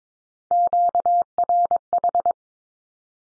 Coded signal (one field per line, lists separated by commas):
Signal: Morse code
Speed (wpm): 22 wpm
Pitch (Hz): 700 Hz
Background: none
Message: QRH